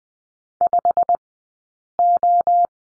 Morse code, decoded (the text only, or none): 5O